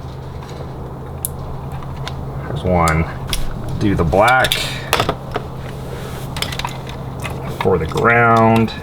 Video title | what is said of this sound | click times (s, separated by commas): Hard Wired Jeep Camera | then you'll hear like a snap, a clicky noise. | 1.2 s